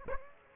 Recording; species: mosquito wingbeat signal from an infrared sensor; Aedes aegypti